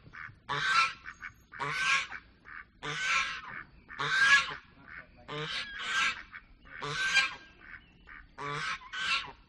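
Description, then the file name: Goose: geese giving loud nasal honks in repeated bursts, a noisy gabble. Geese quacking. "audio hero Birds Geese Quacking"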